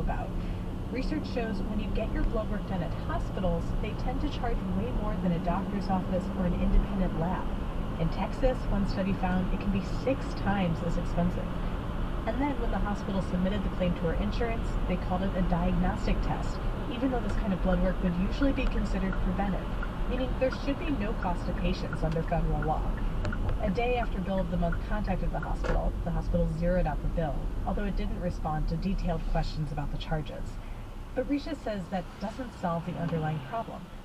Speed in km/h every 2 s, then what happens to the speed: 34, 40, 45, 52, 55, 60, 61, 61, 60, 60, 52, 42, 34, 26, 15, 0, 0.
0-10 speeds up to 60. 10-19 steady at about 60. 19-30 brakes to 0. 30-34 standing.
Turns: none.